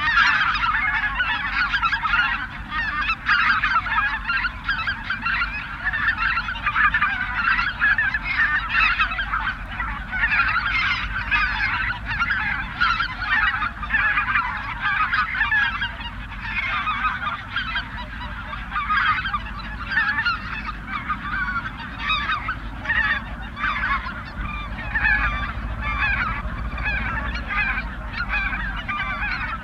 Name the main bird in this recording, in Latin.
Anser albifrons